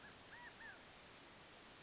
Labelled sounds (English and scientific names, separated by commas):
California Quail (Callipepla californica)